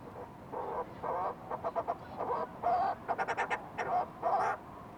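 Fulmar prion harsh calls: short buzzy notes and quick stuttered pulses, separated by brief pauses.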